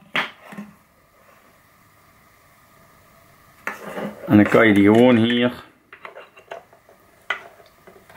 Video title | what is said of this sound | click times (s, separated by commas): Parkside Compressor-/luchtpomp 20V op Accu | en draaien en dan zit hij vast en | 7.3 s